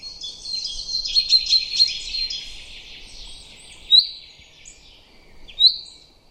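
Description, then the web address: Common chaffinch song: a fast, ringing phrase of high notes lasting over two seconds, followed by two separate sharp, rising call notes. Quiet background. "Deverinetal 2025 File origin Bird Only Fr Co"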